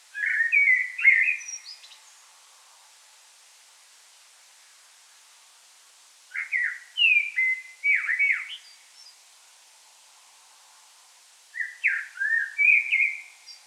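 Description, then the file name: Common blackbird with three mellow whistled phrases separated by pauses of several seconds. "Turdus merula"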